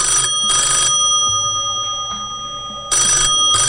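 An electromagnetic telephone bell rings loudly in harsh, rapid metallic bursts: two quick rings, a pause of about two seconds, then a third ring, with a steady hum underneath.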